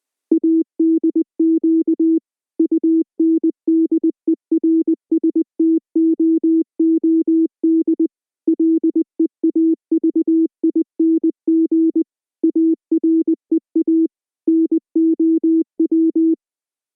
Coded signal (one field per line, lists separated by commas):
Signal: Morse code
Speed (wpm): 20 wpm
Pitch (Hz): 320 Hz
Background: none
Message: ADQ UNDERSTOOD LEAVING AREA NOW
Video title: EAS Scenario 2: K-1V0